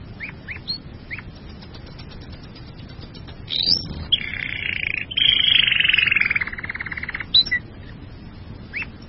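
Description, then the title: Bird song with scattered short chirps and a buzzy, rapid trill in the middle lasting about two seconds, then more isolated chirps. "burung online"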